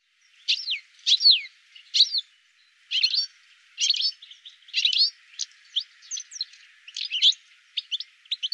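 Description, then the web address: Bird calls: sharp, high descending chirps in quick clusters, becoming shorter and more scattered in the second half, with no other sounds. "cianscape birddata"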